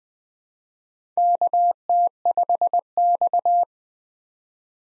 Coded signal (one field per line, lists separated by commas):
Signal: Morse code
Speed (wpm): 20 wpm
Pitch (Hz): 700 Hz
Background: none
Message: KT5X